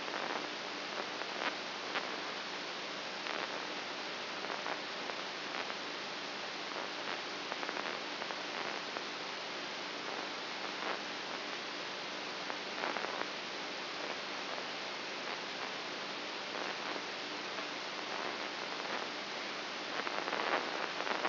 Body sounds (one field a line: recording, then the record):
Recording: brain microelectrode recording played as sound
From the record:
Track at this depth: inside the subthalamic nucleus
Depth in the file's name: 6.04 mm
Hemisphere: right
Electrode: 2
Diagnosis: Parkinson's disease